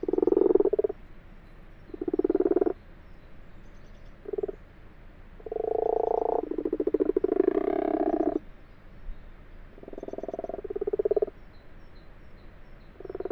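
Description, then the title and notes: Common frogs giving soft, low purring croaks in bursts of under a second to about three seconds, several calls overlapping, with short quiet gaps between groups. Common frogs calling in full daylight, 12:45, 21 February 2020, abandoned water-filled wash house in a field, Fourcinet, Drôme, France; calling lasts a few days yearly, over two weeks early this year; Nagra LB, binaural. "Fourcinet - Drôme. les Grenouilles rousses (Rana temporia)"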